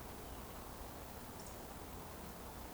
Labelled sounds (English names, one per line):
Eurasian Woodcock whistle